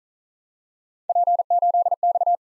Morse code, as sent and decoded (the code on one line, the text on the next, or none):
.--. ---.. -..-
P8X